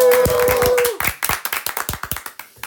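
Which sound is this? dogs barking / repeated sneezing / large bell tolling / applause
applause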